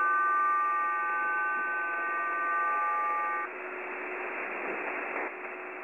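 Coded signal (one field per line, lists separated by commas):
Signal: numbers station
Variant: M08a turning into HM01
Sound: chord of steady tones over hiss, then only a dense data hiss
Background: radio static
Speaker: you can also hear the variant of M mo8 um a which is a variant that placed hmo1 um in and then randomly it becomes hmo1 um so I'm going to play the clip right [Applause] [Applause] now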